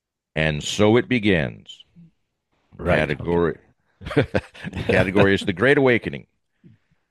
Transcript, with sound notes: And so it begins.
Right.
Category-
(laughs)
Category is The Great Awakening.